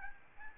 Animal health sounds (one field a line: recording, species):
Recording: mosquito wingbeat signal from an infrared sensor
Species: Aedes albopictus